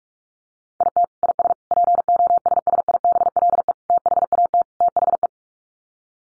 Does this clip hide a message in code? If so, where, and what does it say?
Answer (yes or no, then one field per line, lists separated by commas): yes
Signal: Morse code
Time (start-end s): 0.8-5.3 s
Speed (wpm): 44 wpm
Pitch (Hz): 700 Hz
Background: none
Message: IT IS POSSIBLE THAT THE